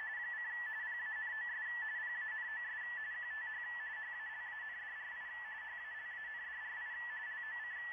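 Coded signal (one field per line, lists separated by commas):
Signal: RTTY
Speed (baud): 45.45 baud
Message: : PANOS PANOS QTH HALANDRI HALANDRI LOC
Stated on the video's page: RTTY signals received and transmitted with a QRP Labs QDX transceiver using Fldigi software.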